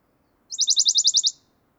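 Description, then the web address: Western Bonelli's warbler song: a short, fast trill of about nine identical high notes lasting under a second, dry and rattling, with a quiet background. "chant fernand deroussen pouillot de bonelli"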